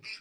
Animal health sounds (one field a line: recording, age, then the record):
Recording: pig call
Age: piglet (1 to 25 days)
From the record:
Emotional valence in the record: positive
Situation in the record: short reunion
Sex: female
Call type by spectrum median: high-frequency call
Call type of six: low-frequency tonal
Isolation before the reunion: 3 minutes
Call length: 0.20 s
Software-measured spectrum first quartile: 2385 Hz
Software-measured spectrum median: 3375 Hz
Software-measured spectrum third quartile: 4910 Hz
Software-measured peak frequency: 2387 Hz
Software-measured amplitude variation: 144 dB a second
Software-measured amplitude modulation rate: 12.3 a second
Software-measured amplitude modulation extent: 11.7 dB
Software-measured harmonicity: 6.4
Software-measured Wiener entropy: -2.12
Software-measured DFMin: 1006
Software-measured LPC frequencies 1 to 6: 2520, 4892, 7461, 8797, 11013, 11924 Hz